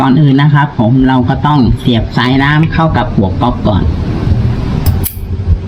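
Someone talks while a garden hose quick-connect coupling is handled at the water inlet of a Karcher K3 HR pressure washer, with a brief sharp handling sound near 4.9 s. The clip ends before the coupling goes home, so nothing has seated or clicked yet.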